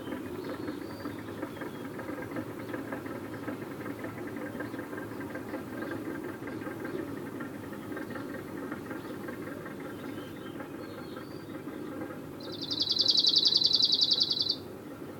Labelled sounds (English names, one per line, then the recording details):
Arctic Warbler
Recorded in the wild
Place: Ulan Bator, MN
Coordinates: 47.886, 106.906
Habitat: Park
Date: 1979-06-05
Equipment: Nagra III BH, Sennheiser MD 21, parabola
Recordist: Schubert, Michael